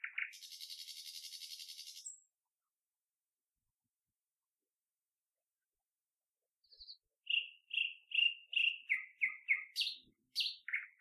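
Bird chirps: a two-second burst of hiss, a long pause, then a rapid series of clear chirped notes, some dropping in pitch.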